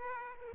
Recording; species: mosquito wingbeat signal from an infrared sensor; Aedes aegypti